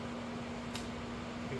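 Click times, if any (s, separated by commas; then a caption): 0.8 s. A plastic hub, dropped into a 3D-printed refillable filament spool, is rotated until it locks into the spool body. A single short click sounds at 0.8 s over a steady low hum, and the hub is seated.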